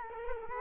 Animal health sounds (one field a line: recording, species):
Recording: mosquito wingbeat signal from an infrared sensor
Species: Culex quinquefasciatus